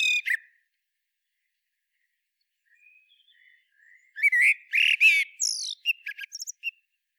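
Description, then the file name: Common blackbird song: after a quiet spell, a rich whistled phrase rises into loud, rasping high twitters and several sharp chirps. "Turdus merula"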